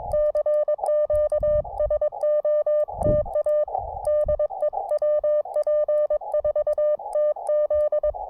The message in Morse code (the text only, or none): CQ SOTA DE WP4TZ